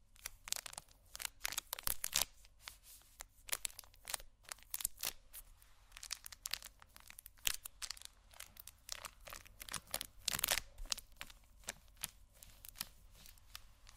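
Someone rummages through a makeup bag, producing dense, irregular bursts of crinkling, clicking and rustling throughout, with brief pauses between sharper knocks.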